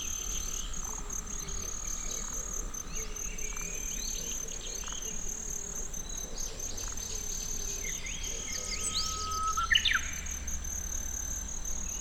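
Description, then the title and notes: Kinhibari cricket song, a steady high ringing trill with a pulsed higher tone, while several birds whistle and warble, including a rising whistle near the end. Recorded in Tsuruoka City with a ZOOM F6 and Sennheiser MKH802. "鶴岡市のキンヒバリの声"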